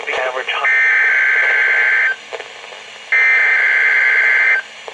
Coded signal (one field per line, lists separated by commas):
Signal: Emergency Alert System (SAME) tones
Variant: header bursts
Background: speech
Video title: WXL52 Weekly Test (5/12/21)(EAS 699)